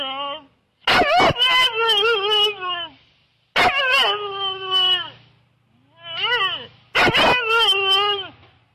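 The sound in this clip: Siberian Husky giving talkative, yodelling howls: long notes that bend up and down, in several bursts with clicks and a short rising whine.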